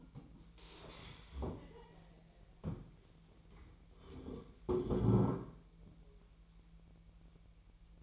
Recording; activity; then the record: daily activity, microphone in the room; stand up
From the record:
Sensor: 1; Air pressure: 1001.9 hPa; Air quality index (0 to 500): 246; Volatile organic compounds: 116 ppm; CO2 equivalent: 3850 ppm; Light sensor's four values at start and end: 11/26/11/12 and 10/25/10/12